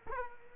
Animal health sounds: mosquito wingbeat signal from an infrared sensor; Culex quinquefasciatus

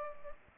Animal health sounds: mosquito wingbeat signal from an infrared sensor; Culex pipiens

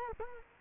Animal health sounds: mosquito wingbeat signal from an infrared sensor; Culex quinquefasciatus

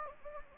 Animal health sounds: mosquito wingbeat signal from an infrared sensor; Anopheles gambiae

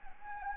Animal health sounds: mosquito wingbeat signal from an infrared sensor; Anopheles gambiae

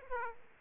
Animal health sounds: mosquito wingbeat signal from an infrared sensor; Aedes aegypti

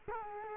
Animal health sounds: mosquito wingbeat signal from an infrared sensor; Culex quinquefasciatus

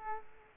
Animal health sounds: mosquito wingbeat signal from an infrared sensor; Culex quinquefasciatus

